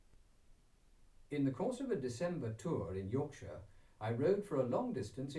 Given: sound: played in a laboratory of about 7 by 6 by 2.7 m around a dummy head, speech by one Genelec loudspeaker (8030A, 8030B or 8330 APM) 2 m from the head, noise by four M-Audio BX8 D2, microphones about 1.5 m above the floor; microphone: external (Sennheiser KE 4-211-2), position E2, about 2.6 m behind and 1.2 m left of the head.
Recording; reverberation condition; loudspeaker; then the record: male speech in English; low; 90 degrees to the right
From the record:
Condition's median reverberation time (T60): about 310 ms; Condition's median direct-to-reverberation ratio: about 3.5 dB